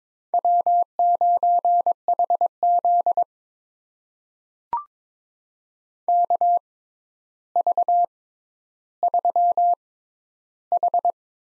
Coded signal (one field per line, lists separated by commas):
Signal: Morse code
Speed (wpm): 22 wpm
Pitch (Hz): 700 Hz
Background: none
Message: W9HZ KV3H